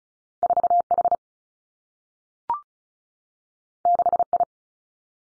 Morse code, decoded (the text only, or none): 4 H 6 I